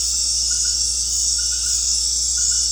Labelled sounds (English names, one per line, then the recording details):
none
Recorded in secondary vegetation near Puerto Asís, Putumayo, Colombia, on 13 March 2025 at 19:00
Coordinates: 0.484, -76.319
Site G010